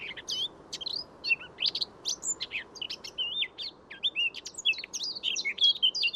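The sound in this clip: Eurasian blackcap in loud, fast warbling song, bright whistled phrases tumbling up and down, mixing clear fluty notes with short scratchy ones throughout.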